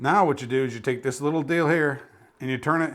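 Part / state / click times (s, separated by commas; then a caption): locking lever on a weapon light mount / not seated / none. Someone talks while handling the small locking lever on the mount holding a Light by Light ODIN GL Mini tactical laser light, starting to turn it to lock the light in place. Nothing has seated or clicked yet.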